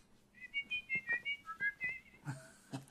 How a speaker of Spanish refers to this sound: Sí, hermano, y silba a dos voces.